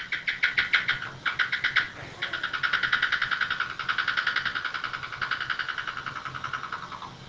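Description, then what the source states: Big brown bat calls, slowed down, a fast series of harmonic pulses, briefly interrupted and then continuing. Calls slowed down by a factor of 16, produced through the open mouth while flying at about 4 m/s toward a tethered insect, taken with the tail membrane.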